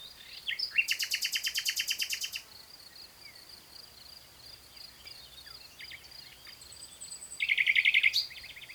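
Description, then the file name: Common nightingale song: a loud, harsh, rapid rattle of pulsed notes lasting over a second, a quiet pause with scattered soft notes, then another fast rattling trill over a steady hiss. "Luscinia megarhynchos"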